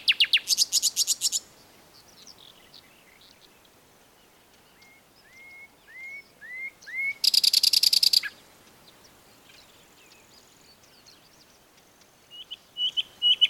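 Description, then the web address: Common nightingale song: loud rattling bursts, then a slow series of whistled notes swelling in strength, another dense rattling burst, and more rapid phrases at the end. "SETE data Luscinia megarhynchos"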